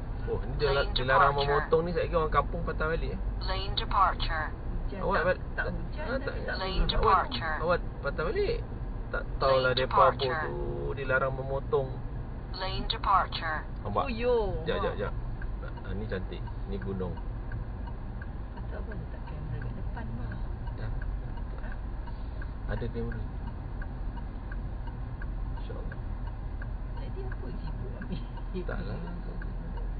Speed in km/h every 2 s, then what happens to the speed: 53, 50, 50, 50, 50, 48, 47, 45, 37, 35, 33, 28, 25, 23, 25.
0-9 steady at about 50. 9-24 slows to 25. 24-30 steady at about 25.